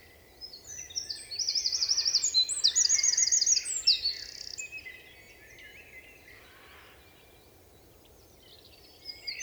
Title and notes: UN VENT DE TROGLODYTE. 27 mars 2020-Val Maravel. Un Troglodyte mignon (Troglodytes troglodytes) affirme par son chant vigoureux sa présence à tout concurrent potentiel.Chanteur de la forêt son chant nerveux est toujours impressionnant de puissance